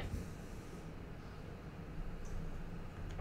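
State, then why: Not seated. A MicaSense Altum multispectral camera is handled at a DJI SkyPort gimbal twist-lock mount on a drone, aligned by its white dots before being twisted in. Steady low handling rumble runs throughout, with faint light ticks near 2.3 and 3.1 seconds. Nothing has clicked or seated yet.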